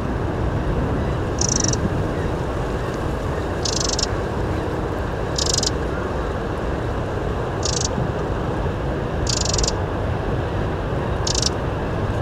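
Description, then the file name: Eurasian wren calls, a series of six short harsh buzzes spaced about two seconds apart, under continuous low-pitched noise. "Troglodytes troglodytes"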